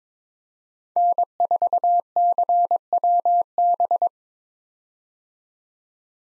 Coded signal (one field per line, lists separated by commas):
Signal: Morse code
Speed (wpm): 22 wpm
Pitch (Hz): 700 Hz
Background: none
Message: N4CWB